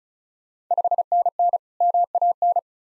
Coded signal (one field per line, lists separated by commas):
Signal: Morse code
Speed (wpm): 36 wpm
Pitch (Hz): 700 Hz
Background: none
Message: 5NN MAN